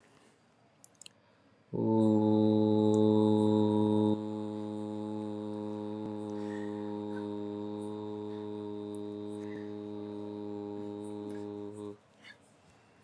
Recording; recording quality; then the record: sustained vowel as in boot; excellent, no background noise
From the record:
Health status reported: recovered from COVID-19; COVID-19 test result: negative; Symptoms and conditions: asthma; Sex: male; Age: 26 years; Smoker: not ticked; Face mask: not worn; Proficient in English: yes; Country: India